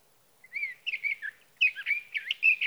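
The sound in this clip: Sage thrasher song: short spaced warbled phrases, a brief pause, then a rapid tumbling series of slurred, chattering whistles.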